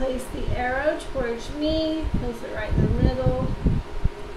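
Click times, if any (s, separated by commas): none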